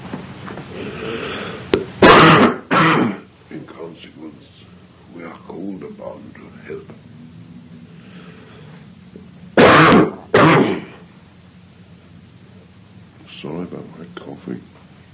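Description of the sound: Two pairs of harsh adult coughs, four bursts in all, between quiet, muffled speech in a small room.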